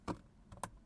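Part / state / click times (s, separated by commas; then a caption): vehicle wiring harness connector into its mating socket at the mirror / seated / 0.6 s. A plastic wiring-harness connector for a car's wiring is pushed back into its mating socket near the rear-view mirror and clicks in, seated and secure. A short tap comes at 0.1 s, a couple of faint ticks follow around 0.5 s, and a sharp, bright click at 0.6 s marks the connector locking in.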